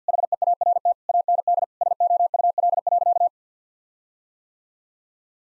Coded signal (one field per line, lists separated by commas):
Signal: Morse code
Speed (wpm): 50 wpm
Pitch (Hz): 700 Hz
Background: none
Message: HEART AND SOUL.